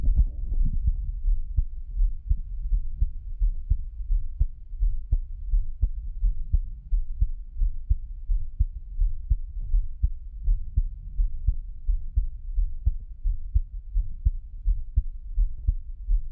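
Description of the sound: Steady, soft low thumps of an adult's own heartbeat, about 86 beats a minute, heard up close with no talking.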